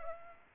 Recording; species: mosquito wingbeat signal from an infrared sensor; Aedes aegypti